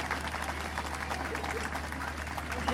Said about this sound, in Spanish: Que el aplauso sea tremendo para eso.